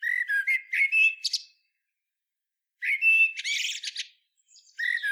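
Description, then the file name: Common blackbird singing two phrases separated by a silent pause. Each opens with mellow fluted notes and closes with a rapid, scratchy twitter, then a third phrase begins. "Turdus merula"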